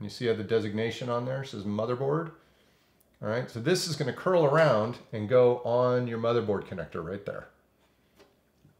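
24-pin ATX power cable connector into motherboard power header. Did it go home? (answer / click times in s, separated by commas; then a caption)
no / none. A 24-pin ATX power cable connector is curled around and bent into position before being pushed into the motherboard power header, while someone talks over the handling. Nothing has seated or clicked yet.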